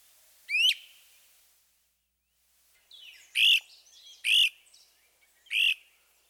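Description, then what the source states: Great Crested Flycatcher voicing one rising whistled weep, then after a pause three loud, burry arched notes about a second apart, with faint twittering between. Ascending weep followed by a lower-pitched trill.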